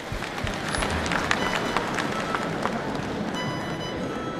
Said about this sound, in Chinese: 观众朋友们，老一辈评剧表演艺术家、久负盛名的花派创始人花淑兰老师也来到了我们开幕式的现场，掌声有请。